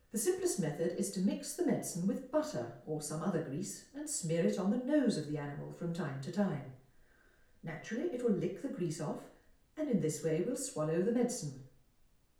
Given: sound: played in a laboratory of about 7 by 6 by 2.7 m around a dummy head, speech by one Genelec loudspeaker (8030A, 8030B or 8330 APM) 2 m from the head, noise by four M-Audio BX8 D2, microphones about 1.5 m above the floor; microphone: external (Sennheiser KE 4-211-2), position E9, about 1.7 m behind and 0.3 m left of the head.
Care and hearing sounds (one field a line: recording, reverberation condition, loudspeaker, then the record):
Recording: female speech in English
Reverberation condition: medium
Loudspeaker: 90 degrees to the right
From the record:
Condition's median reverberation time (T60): about 510 ms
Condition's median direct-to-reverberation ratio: about -0.5 dB